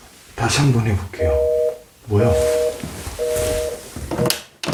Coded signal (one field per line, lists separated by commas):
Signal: telephone call progress tone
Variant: North America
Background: speech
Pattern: busy tone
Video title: ENG SUB)흉가에 있는 전화기에서 들린 목소리... [a woman's voice answering the phone in the haunted house]